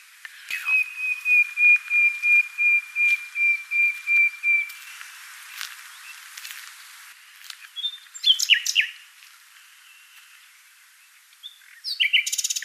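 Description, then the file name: Common nightingale song: a slow series of pure whistled notes on one pitch, then quieter pauses, a brief twittering phrase and a closing rapid rattle. "Luscinia megarhynchos"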